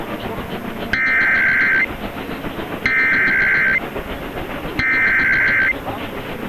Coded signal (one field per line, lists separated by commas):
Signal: Emergency Alert System (SAME) tones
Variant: header bursts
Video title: Tennessee RMT on WSM (12/8/21)(EAS 1010)